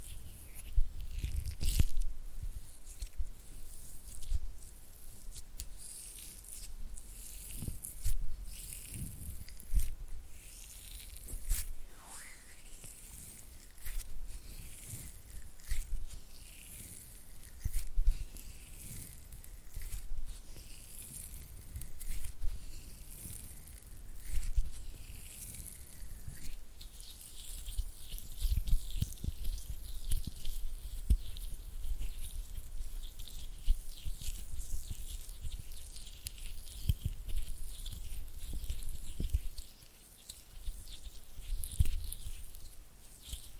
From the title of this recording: Oily Hand and Flutter Finger Sounds